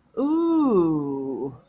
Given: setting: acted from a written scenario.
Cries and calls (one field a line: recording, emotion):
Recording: vocal sound without words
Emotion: realization